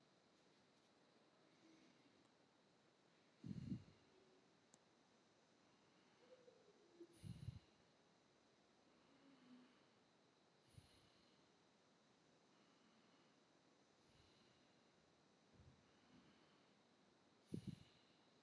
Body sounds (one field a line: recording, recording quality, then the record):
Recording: shallow breathing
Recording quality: excellent, no background noise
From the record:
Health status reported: healthy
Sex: male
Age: 42 years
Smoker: yes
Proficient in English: yes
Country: India